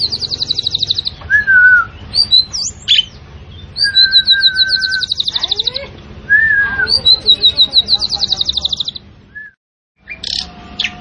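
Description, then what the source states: Asian pied starling song of buzzy high trills, level and falling whistles and squeaky chips, continuing steadily before a brief pause near the end. Actively singing bird, described as gacor.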